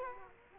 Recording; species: mosquito wingbeat signal from an infrared sensor; Culex quinquefasciatus